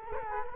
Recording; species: mosquito wingbeat signal from an infrared sensor; Culex quinquefasciatus